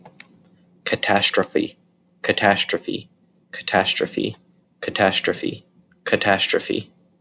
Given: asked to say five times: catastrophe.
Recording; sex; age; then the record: repeated word; male; 20 to 29 years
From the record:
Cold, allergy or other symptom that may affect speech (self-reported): no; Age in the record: 27 years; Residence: District of Columbia, United States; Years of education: 19